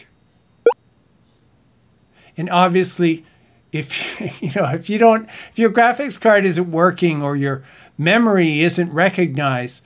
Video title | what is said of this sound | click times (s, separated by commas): Silent PC for Music Production (Part 2 - Step by Step) | you'll hear a click | 0.7 s